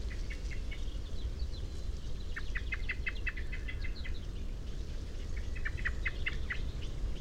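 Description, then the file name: Common blackbird calls: bursts of sharp, clicking chink notes repeated rapidly in series, with steady low rumbling noise throughout. "Turdus merula"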